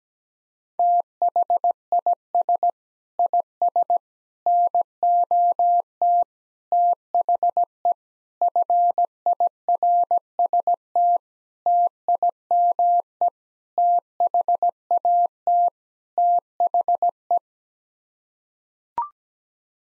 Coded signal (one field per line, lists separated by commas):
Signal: Morse code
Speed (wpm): 17 wpm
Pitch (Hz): 700 Hz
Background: none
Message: THIS IS NOT THE FIRST TIME THAT THE